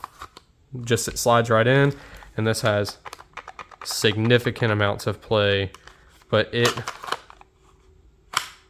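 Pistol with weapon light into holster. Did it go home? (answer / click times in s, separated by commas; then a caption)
yes / 8.4 s. A pistol with a mounted weapon light is pushed into a rigid holster while someone talks, with a few light taps and clicks in between. At 8.4 s the holster's retention catches with one sharp, positive click, and the pistol is seated.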